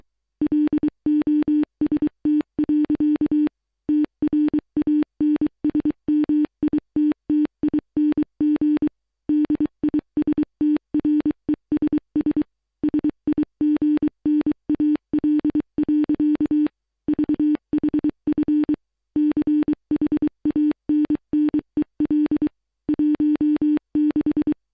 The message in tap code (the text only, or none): none